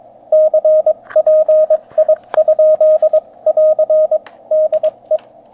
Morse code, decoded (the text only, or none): CPI?<AR>DE